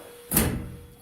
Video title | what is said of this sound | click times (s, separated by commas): S2E3.0 Washing Machine Edition Cold Water Inlet Valve | it's locked into place | 0.4 s